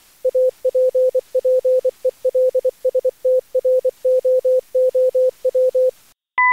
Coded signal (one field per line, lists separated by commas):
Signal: Morse code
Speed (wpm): 19 wpm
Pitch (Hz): 500 Hz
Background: none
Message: APPELSTROOW